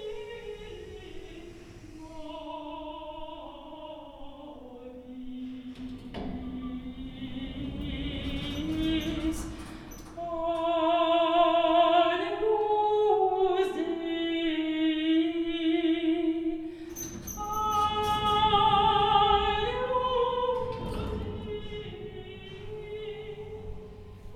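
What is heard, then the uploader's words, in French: An opera singer sings inside an elevator, holding long, sustained vocal notes that slide and shift in pitch throughout. The voice swells louder around ten seconds and again near seventeen, with brief clattering and bright rattling bursts, then eases toward a softer close. On place une chanteuse lyrique dans un ascenseur. Le micro restant toujours au premier étage. On enregistre l'ascension de la chanteuse à l'étage 2 puis son retour au niveau 1.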